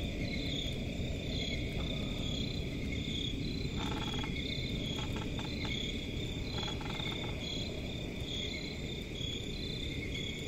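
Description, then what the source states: Crickets chirping in a dense, steady chorus of pulsing high trills at several pitches, over a constant low rumble, with a few short bursts of rapid clicking midway. Crickets in a forest at night, presented as a relaxing forest ambience.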